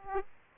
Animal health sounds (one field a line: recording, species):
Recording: mosquito wingbeat signal from an infrared sensor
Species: Aedes aegypti